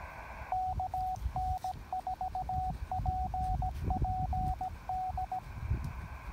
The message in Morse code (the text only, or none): KN4PPD